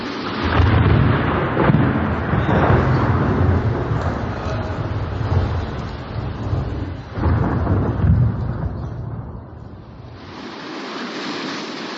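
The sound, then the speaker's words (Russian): A thunderstorm breaks over an open field, with heavy, steady rain and deep rolling thunder, the rumbles swelling and easing over the downpour before the low roar drops away, leaving a hiss of rain. “Шел он однажды через незнакомое поле, и вдруг разразилась гроза.”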